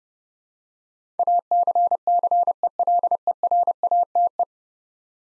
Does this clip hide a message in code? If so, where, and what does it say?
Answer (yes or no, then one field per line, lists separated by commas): yes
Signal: Morse code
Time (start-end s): 1.2-4.4 s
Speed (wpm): 30 wpm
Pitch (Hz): 700 Hz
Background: none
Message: ACCELERATE